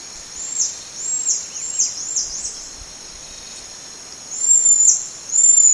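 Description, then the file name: Buffy-tufted marmoset calls: a run of thin, high arched whistles over about two and a half seconds, then longer level whistles near the end, with a steady high insect-like hiss behind. Recorded in Salesópolis, São Paulo, Brazil, on 27 April 2013. "Callithrix aurita Salesopolis SP Brasil"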